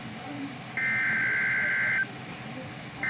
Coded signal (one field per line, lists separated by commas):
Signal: Emergency Alert System (SAME) tones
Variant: header bursts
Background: speech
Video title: AMBER ALERT FOR WHAT TEXAS (EAS#4) and (EAS#6) stations 4 channel 162.400MHZ 162.450MHZ 162.475MHZ